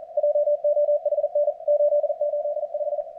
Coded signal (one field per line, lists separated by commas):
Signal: Morse code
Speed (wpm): 37 wpm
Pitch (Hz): 590 Hz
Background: radio noise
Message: JOHN 885